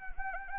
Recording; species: mosquito wingbeat signal from an infrared sensor; Anopheles arabiensis